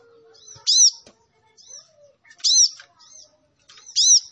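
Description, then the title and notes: Sunbird song: loud arched high chirps repeated roughly every one and a half seconds, with softer thin notes between them. Kolibri ninja bird singing actively, with full fills and showy bursts, used as a lure for other birds. "MASTERAN KOLIBRI NINJA FULL ISIAN DAN TEMBAKAN MEWAH COCOK BUAT PANCINGAN. Suara Burung Kolibri Ninja Gacor"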